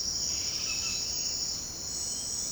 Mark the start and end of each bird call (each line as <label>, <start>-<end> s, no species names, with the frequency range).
bird call (1.0-4.3 kHz), 0.00-1.21 s